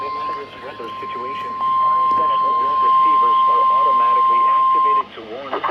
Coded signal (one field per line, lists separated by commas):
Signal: Emergency Alert System (SAME) tones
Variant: 1050 Hz attention tone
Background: speech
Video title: Required Weekly Test In June [EAS #492 - #494]